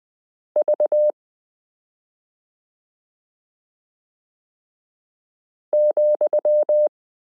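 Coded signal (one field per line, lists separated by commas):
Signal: Morse code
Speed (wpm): 20 wpm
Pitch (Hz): 600 Hz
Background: none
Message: V ,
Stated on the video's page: Morse listening lesson 24 of a 72-part Koch-method variation series, introducing the letter q.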